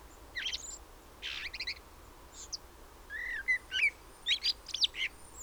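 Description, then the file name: Common blackbird producing soft, scattered chirps and short whistled slurs, some rising or falling, over a steady hiss of background noise. "Turdus merula"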